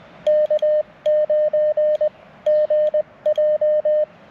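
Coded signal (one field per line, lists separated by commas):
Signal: Morse code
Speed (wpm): 20 wpm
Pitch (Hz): 610 Hz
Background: radio noise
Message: K9 GJ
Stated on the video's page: Morse park activation (POTA) made on a bicycle outing.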